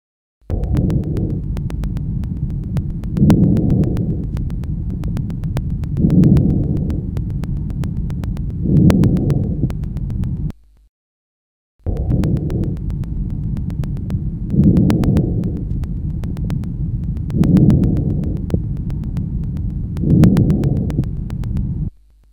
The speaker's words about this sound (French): Écoutez maintenant le murmure vésiculaire normal.